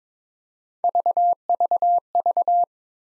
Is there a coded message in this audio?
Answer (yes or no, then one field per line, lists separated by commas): no